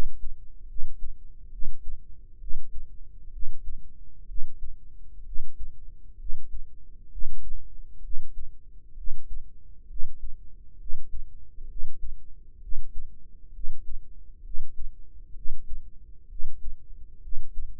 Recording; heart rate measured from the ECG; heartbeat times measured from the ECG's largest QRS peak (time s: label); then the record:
heart sounds by microphone in the right ear; 65 bpm
0.67 s: heartbeat
1.50 s: heartbeat
2.39 s: heartbeat
3.31 s: heartbeat
4.26 s: heartbeat
5.24 s: heartbeat
6.17 s: heartbeat
7.09 s: heartbeat
8.01 s: heartbeat
8.95 s: heartbeat
9.87 s: heartbeat
10.77 s: heartbeat
11.67 s: heartbeat
12.59 s: heartbeat
13.51 s: heartbeat
14.42 s: heartbeat
15.33 s: heartbeat
16.27 s: heartbeat
17.20 s: heartbeat
From the record:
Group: healthy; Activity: breath hold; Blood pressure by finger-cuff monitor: 111/71 mmHg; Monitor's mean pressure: 82 mmHg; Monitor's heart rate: 65 bpm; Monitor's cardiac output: 5.4 L/min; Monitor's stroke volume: 80 mL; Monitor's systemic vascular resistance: 1100 dyn s/cm5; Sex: female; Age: 22 years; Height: 160 cm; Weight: 45 kg